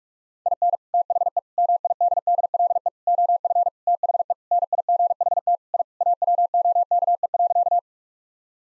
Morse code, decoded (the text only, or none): IN THE MIDDLE OF THE NIGHT I AWOKE.